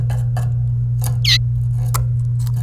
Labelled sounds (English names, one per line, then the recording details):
Domestic Canary song
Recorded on 29 April 2018 at 10:24
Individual llb3